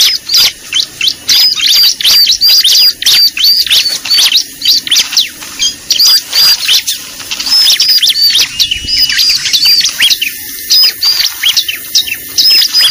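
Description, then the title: Bar-winged prinia calls: rapid bursts of high, sharp chirps and squeaky notes, repeated in quick series with brief pauses, faint background hiss. Lure call used for trapping (pikat). "PIKAT BURUNG CIBLEK AMPUH"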